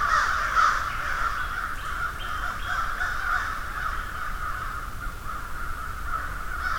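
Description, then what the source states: Many crows calling at once, a steady wash of rough caws that rises and falls slightly throughout. Field recording of a murder (flock) of crows.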